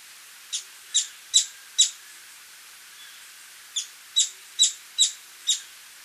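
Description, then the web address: Streak-capped treehunter calling: two bursts of sharp, high, clipped notes, four then five, spaced about half a second apart, with a pause between the bursts. Recorded in Ecuador. "Natures Songs S America Birds of Ecuador Streak-capped Treehunter"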